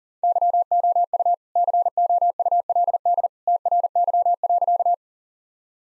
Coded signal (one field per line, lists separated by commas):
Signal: Morse code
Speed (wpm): 37 wpm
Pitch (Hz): 700 Hz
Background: none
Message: YOU COULD TRY.